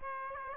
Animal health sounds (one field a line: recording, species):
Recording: mosquito wingbeat signal from an infrared sensor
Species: Aedes aegypti